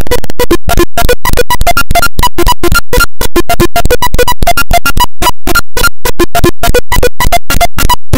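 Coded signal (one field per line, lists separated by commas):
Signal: none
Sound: game music beeps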